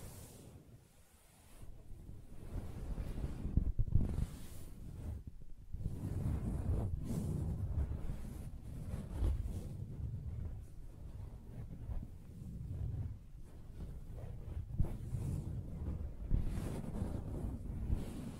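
Fingers tap and scratch across a soft fabric surface, making a dense, muffled rumble that swells and fades in uneven waves, like rushing wind. Sharper taps stand out now and then, near four, five and a half, seven, and fifteen seconds.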